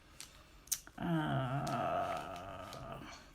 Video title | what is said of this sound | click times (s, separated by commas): Snowman Season with Accents Snowfall Puff Paint | other thing is this clicks in place and the other the previous trimmer had a little um | 0.2 s